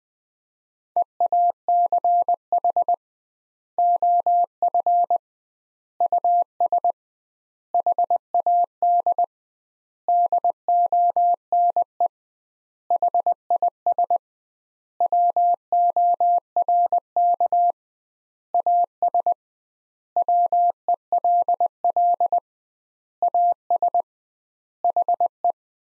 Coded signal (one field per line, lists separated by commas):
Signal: Morse code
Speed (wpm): 20 wpm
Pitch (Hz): 700 Hz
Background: none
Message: EACH OF US HAD DONE HIS WORK AS WELL AS HE